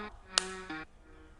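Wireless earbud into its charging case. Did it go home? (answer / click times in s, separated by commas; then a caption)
yes / 0.4 s. A wireless earbud is dropped into its plastic charging case and a magnet pulls it into its seat, giving a short, sharp snap at 0.4 s. The earbud is seated, with tonal music-like sound playing underneath.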